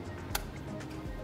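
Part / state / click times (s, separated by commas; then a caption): coolant hose quick-connect clip onto a coolant line fitting / seated / 0.4 s. A coolant hose quick-connect is pushed back onto a coolant line fitting on an F80 M3, after the coolant has been drained during a Pure Stage 2 turbo install. A single sharp click at 0.4 s, when the retaining clip engages, stands out above a steady background hum. The clip is fully engaged and seated.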